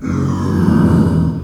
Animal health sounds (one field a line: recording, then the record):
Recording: squeal of a Yucatan mini pig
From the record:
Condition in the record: after surgery on the right vocal fold (resection and tissue-engineered implant)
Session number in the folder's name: 12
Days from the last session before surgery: 105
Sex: female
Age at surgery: 19 weeks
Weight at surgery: 25 kg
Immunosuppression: prednisolone